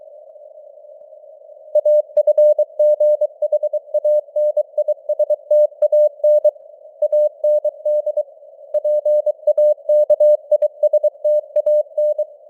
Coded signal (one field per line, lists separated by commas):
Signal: Morse code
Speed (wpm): 23 wpm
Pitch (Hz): 600 Hz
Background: none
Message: AFGHANISTAN AND PAKISTAN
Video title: Morse Code News | 2025-10-28 | 23wpm